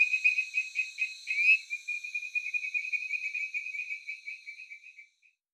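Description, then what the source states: Tree frog calls, a run of high rapid chirps that gradually fade and end with one faint final note. Taiwan.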